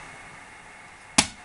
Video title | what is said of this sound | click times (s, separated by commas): NEW Lenovo Laptop UNBOX And SET UP | Yeah, did you hear that click? So that's the battery in. | 1.2 s